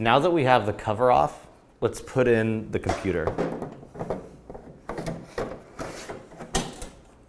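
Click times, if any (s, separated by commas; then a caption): 6.6 s. Someone talks, then an OPS slot-in computer module slides into its bay at the back of a ViewSonic IFP50 interactive display with the cover off, making a run of short knocks and scrapes. It is pushed all the way in and seats with the loudest, sharpest snap at 6.6 s.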